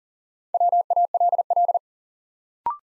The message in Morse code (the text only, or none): WALL